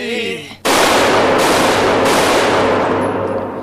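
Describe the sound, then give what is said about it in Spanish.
After a brief tonal lead-in, a loud, sustained burst of rapid submachine gun fire, shot at contestants in a contest to see who can take the most shots, erupts and continues for about three seconds, dense and crackling without pause. “Esta prueba consistirá en ver quién es capaz de aguantar más tiros de metralleta sin morir.”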